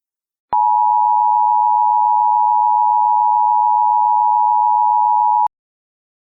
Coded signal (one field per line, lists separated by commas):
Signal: Emergency Alert System (SAME) tones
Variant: 853 and 960 Hz attention tone